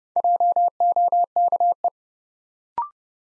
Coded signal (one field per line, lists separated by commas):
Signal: Morse code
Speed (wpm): 30 wpm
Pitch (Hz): 700 Hz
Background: none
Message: JOKE